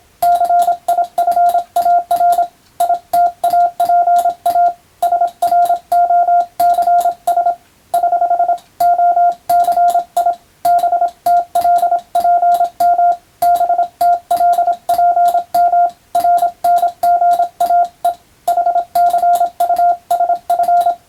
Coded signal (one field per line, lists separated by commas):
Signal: Morse code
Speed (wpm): 27 wpm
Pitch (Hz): 700 Hz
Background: radio noise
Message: CIFAR ITAPA SROCS <HH> OCI BTLPM BTLPM RNGAE HCUSF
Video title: ＦＴ８も楽しいけどＣＷはもっと楽しいぞ！モールス信号を操る匠の技！自分の頭の中で符号を変換して脳を活性化させよう！(morse code practice for radio operator )